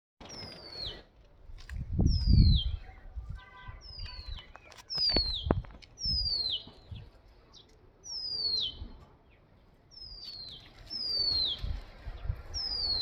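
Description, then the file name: Oriental magpie-robin song: a clear whistled note sliding sharply downward, repeated at short intervals, over low rumbling thumps and background noise. Recorded 13 May 2023. "Copsychus-saularisv-2023-05-13"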